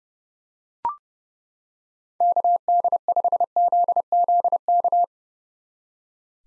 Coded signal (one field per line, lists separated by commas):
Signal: Morse code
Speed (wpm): 30 wpm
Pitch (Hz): 700 Hz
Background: none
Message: KD5ZZK